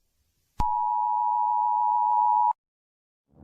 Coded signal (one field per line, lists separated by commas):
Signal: Emergency Alert System (SAME) tones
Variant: 853 and 960 Hz attention tone